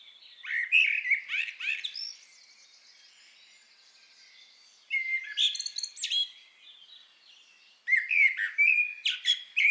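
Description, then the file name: Common blackbird delivering rich whistled phrases that break into high, squeaky notes, with a quieter gap in the middle before louder phrases resume. "Turdus merula"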